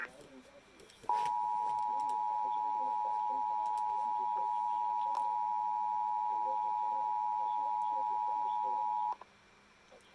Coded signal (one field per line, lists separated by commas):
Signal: Emergency Alert System (SAME) tones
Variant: 853 and 960 Hz attention tone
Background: speech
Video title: EAS 1487 BIRMINGHAM TOR